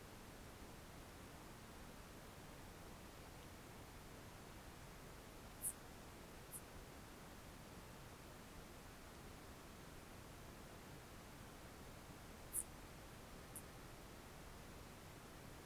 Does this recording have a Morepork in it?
no